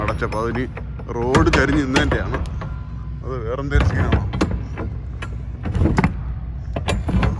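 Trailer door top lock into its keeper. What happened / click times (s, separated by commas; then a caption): The latch is handled but has not yet caught / none. A driver handles the rear door of a truck trailer, working the top lock toward its keeper; the lock had not engaged earlier because the truck stood on a slope. Someone talks while sharp metallic knocks and rattles sound around 6.0 s and 6.9 s. Nothing has seated or clicked into place yet.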